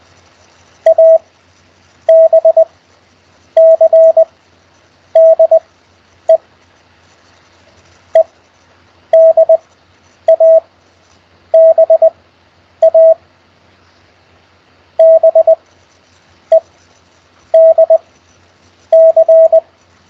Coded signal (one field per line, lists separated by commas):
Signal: Morse code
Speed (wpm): 20 wpm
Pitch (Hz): 650 Hz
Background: none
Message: A B C D E E D A B A B E D C